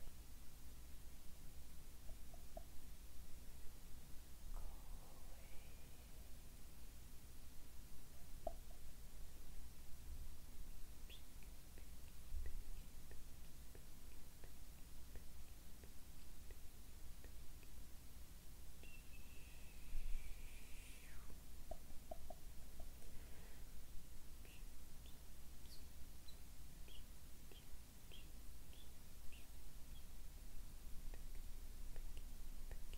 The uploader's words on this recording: ASMR PLUCKING NEGATIVE ENERGY ASMR CLEANING ENERGY, ASMR HAND MOVEMENTS MOUTH SOUNDS.